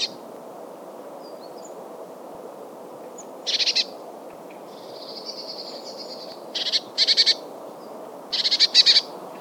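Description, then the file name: Eurasian blue tit uttering harsh rattling churrs in short bursts, with a thin, drawn-out buzzy note between them and faint high chips. "Cyanistes caeruleus"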